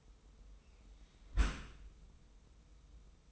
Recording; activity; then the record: daily activity, microphone in the room; close dishwasher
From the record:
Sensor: 1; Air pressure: 990.5 hPa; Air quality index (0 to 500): 178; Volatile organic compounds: 1000 ppm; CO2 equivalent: 6556 ppm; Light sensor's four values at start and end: 24/57/24/26 and 24/57/24/26